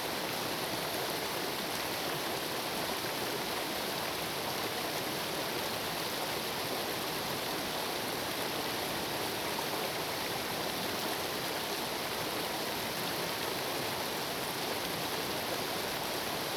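A creek runs steadily through the whole recording, a dense, unbroken rush of water that sounds close by. The sound stays even throughout, bright and hissing on top with a softer body underneath, and no separate events or other sounds stand out.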